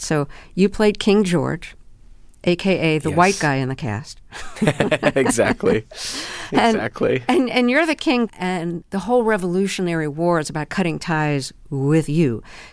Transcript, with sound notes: So you played King George, aka the white guy in the cast.
(LAUGHTER) Exactly. Exactly.
And you're the king, and the whole Revolutionary War is about cutting ties with you.